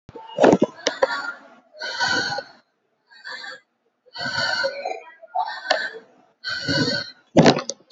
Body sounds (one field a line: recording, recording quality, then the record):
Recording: deep breathing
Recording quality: excellent, no background noise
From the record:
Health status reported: COVID-19 positive, mild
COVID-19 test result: positive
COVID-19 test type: RT-PCR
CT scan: taken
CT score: 0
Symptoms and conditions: cough, cold, muscle pain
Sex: female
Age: 30 years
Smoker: no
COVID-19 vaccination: both doses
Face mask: not worn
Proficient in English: yes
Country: India